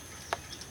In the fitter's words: just like that and snap right in